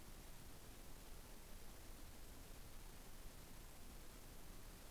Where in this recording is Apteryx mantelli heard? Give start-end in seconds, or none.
none